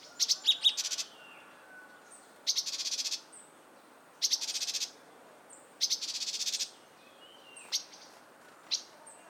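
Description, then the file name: Great tit giving harsh, buzzy churring bursts about a second long, repeated every couple of seconds, with faint soft background hiss. "Parus major"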